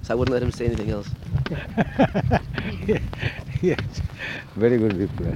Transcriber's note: laughs